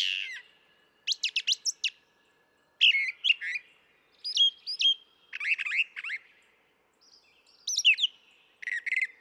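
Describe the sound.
Brown thrasher song: varied rich phrases, each chirpy note group given about twice before the bird switches to a new phrase, with short pauses between.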